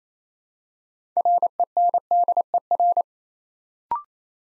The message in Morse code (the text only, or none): RENDER